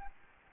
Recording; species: mosquito wingbeat signal from an infrared sensor; Aedes albopictus